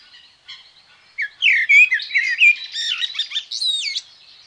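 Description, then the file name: Common blackbird song: one rich phrase of low fluted, slurred notes that breaks into high, thin squeaky twitters. "Merel"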